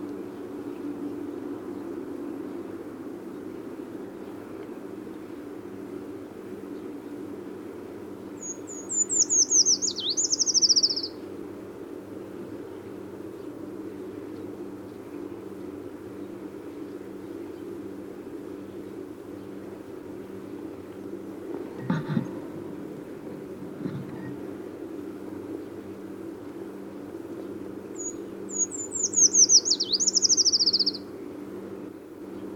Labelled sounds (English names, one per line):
Eurasian Treecreeper song